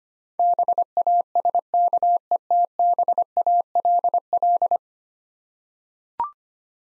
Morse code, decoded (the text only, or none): BASKETBALL